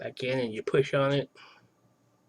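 A takedown pin is handled at the frame of a Kel-Tec PF9 pistol, about to be pushed back in, while someone talks through most of the clip. Only faint, quiet handling follows the speech. Nothing has seated or clicked yet.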